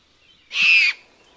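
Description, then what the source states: Great Horned Owl giving one harsh, hissing screech lasting about half a second, with a faint low thump at its start and little else around it. 1990 recording.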